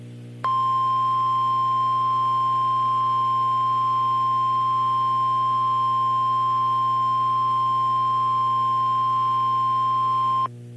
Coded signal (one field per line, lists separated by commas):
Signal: Emergency Alert System (SAME) tones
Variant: 1050 Hz attention tone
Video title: NOAA Weather Radio EAS #1,124 & 1,125 Hurricane Warnings 7/3/14 12:39 PM